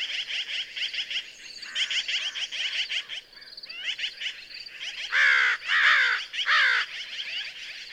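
American crow with a busy chorus of raspy calls, then three loud caws near the end.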